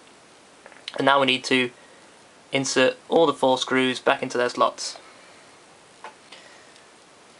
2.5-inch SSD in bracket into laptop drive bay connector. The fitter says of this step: so this should just slide in the exact same way the old one slid out you'll hear a little click when it's in place